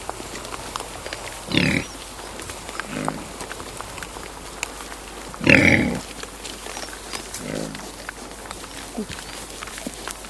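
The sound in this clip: Wild boar makes two loud, harsh grunting squeals about four seconds apart, with softer short grunts between and after them and light rustling.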